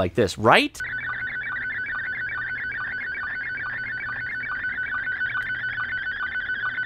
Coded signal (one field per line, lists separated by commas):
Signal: SSTV (slow-scan television)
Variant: Scottie 1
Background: speech